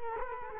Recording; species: mosquito wingbeat signal from an infrared sensor; Culex quinquefasciatus